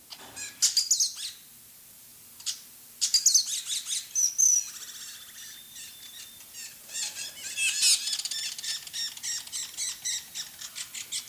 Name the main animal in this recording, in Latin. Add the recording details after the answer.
Aplonis metallica. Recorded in captivity. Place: Zoo Berlin, Berlin, DE. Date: 2004-01-02 16:32. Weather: fair, -2°C. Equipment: Fair Mate ST-1328 (Asahi Electronics, Japan), Sennheiser ME 80, Kopie Uher 4000 Report Monitor. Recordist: Tembrock, Günter